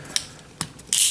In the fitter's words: à se clipse bien comme il faut même